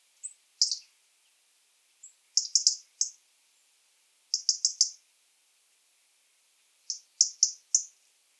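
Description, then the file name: European robin giving short, high notes in quick clusters of two to four, with gaps between the bursts. "Erithacus rubecula"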